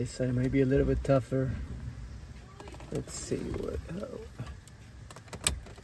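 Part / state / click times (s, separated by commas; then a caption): radio removal key into car head unit release slot / seated / 5.5 s. A metal radio removal key is pushed into the second side release slot of the factory head unit in a Mercedes-Benz SLK 230, with someone talking at first. Faint scraping and small taps follow as it goes in. It latches with a sharp click at 5.5 s, confirming it has seated.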